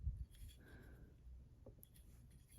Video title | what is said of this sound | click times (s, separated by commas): Unboxing GOLD LEADER Y-Wing Jazwares Micro Galaxy Squadron | Pretty sure that actually is locked in now. Actually, no, it's a little off kilter. | 1.8 s